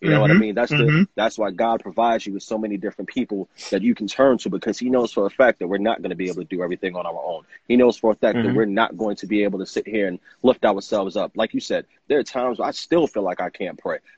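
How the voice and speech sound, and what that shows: A man speaks in a relaxed, conversational way. He uses a low-pitched voice with natural rise and fall, and short pauses come between phrases. Speech is fluent and clearly articulated, with no repetitions, blocks or voice strain.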